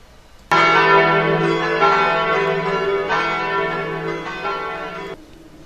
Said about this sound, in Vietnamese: Tiếng chuông nhà thờ, dấu hiệu báo cái khoảnh khắc giao nhau giữa ngày và đêm.